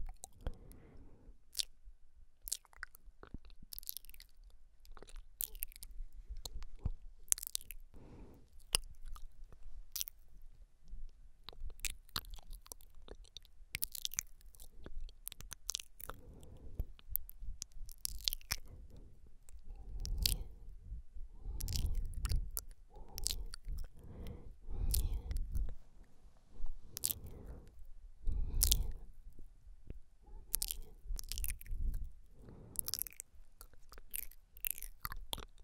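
Wet mouth sounds, with chewing, smacking and crunchy bites coming in quick irregular bursts, the thickest and loudest stretch falling around 20 to 30 seconds.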